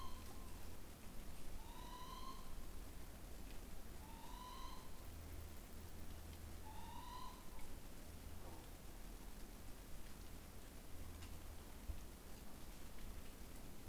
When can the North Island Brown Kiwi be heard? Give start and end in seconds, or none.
none